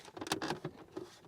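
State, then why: Not seated. After the cabin air filter is replaced on a 2018 Toyota Tundra, the plastic cover panel behind the glovebox is handled into the dashboard glovebox opening, to be hooked in at the top and pressed down until it locks. Brief plastic tapping and scraping sounds come between about 0.2 and 0.7 seconds, the sharpest near 0.3 and 0.4 seconds. The panel has not seated or clicked into place yet.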